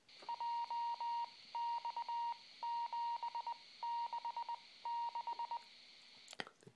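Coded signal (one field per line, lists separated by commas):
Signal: Morse code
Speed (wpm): 20 wpm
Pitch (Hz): 940 Hz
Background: none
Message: JX766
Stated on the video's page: Heard on a RadioShack PRO-164 police scanner.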